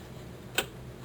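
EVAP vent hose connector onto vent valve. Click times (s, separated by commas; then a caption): 0.6 s. An EVAP vent hose quick-connect is pushed onto a new plastic vent valve on a Chevy until it snaps. A single sharp, bright snap is heard at 0.6 s against a quiet background. The connector is seated.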